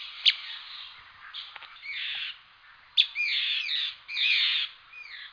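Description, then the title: Bird giving harsh, grating song phrases in several bursts, some opened by a sharp click-like note. "LuckyPassaro Completos2Sama"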